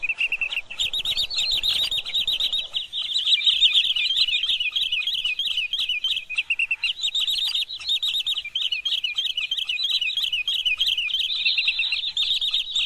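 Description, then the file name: Green sandpiper calling: a continuous high twittering, rapid notes rising and falling about three times a second for the whole stretch. "tieng choat bung trang"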